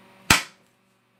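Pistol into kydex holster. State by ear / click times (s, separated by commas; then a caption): seated / 0.3 s. A pistol is pushed slowly into a kydex holster until the retention snaps into place with one sharp, loud click at 0.3 s that rings out and fades within about a quarter second. Before and after, there is only faint, steady background noise. The pistol is seated, and the positive click shows great retention.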